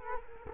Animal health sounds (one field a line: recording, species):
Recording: mosquito wingbeat signal from an infrared sensor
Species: Culex quinquefasciatus